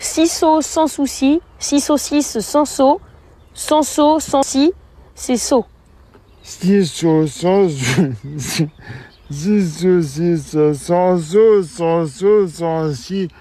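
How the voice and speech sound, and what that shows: During a speech therapy session, a son quickly and fluently says a French tongue-twister. His father, a man with Charcot disease (ALS), repeats it in a lower voice, slowly, one drawn-out syllable at a time, with some softened 's' sounds. This slow, effortful, evenly spaced speech is dysarthria from ALS, which progressively paralyses him and affects his speech while his mind is unaffected.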